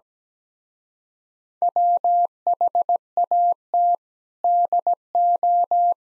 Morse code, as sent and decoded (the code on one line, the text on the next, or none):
.-- .... .- - / -.. ---
WHAT DO